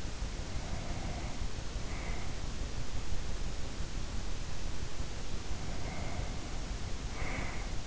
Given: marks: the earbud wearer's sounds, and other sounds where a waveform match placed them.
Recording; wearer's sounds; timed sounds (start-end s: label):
sounds in sleep by an in-ear microphone; breath
0.28-2.35 s: breath
5.51-7.87 s: breath